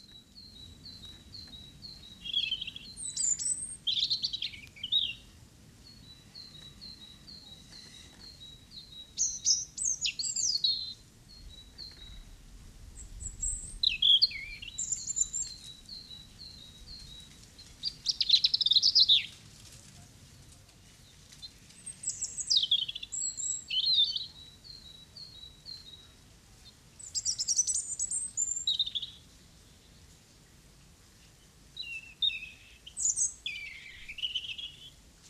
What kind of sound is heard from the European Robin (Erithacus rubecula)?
song